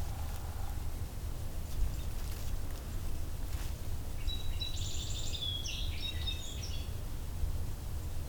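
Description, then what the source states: Golden-crowned Kinglet song: a brief run of very high, thin notes that drop into a jumbled twittering chatter, over a steady low rumble. Migrant passing through during migration time, in a swamp, early April 2021, just after dawn.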